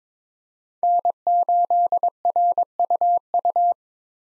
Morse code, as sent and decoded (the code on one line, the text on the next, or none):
-. ---.. .-. ..- ..-
N8RUU